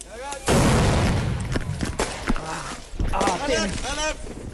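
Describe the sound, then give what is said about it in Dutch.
Illegal fireworks aimed at emergency workers in Nieuw-Beierland, Netherlands, go off in a loud rolling burst, then several sharp cracks and bangs at irregular intervals, with raised voices shouting in between. “Ze werden met vuurwerk bestookt, zoals in Nieuw-Beierland.”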